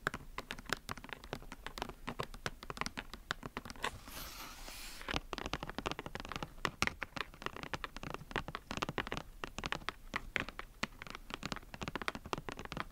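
Crisp tapping from fingertips or nails on hard surfaces, in quick, dense, irregular bursts that fill almost the whole clip. Around the four-second mark the taps pause for a second of soft, airy scratching or rubbing before the rapid tapping resumes.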